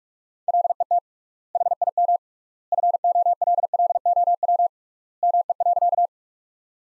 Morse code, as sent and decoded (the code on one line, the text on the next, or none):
.-.. . - / .... .. -- / ..-. --- .-.. .-.. --- .-- / -- . .-.-.-
LET HIM FOLLOW ME.